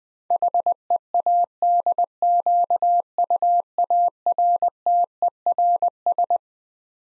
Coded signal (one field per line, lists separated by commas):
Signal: Morse code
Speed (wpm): 20 wpm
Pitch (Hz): 700 Hz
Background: none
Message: HEADQUARTERS